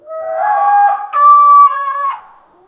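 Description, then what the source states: African elephant trumpeting, a brassy harmonic blast about two seconds long that climbs in two steps, holds a strong tone, then tails off. Trumpeting, savannah.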